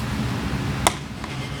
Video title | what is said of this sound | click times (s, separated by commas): How to install Rokblokz Mud flaps on a 2020+ Tesla Model Y | and we'll click into place | 0.9 s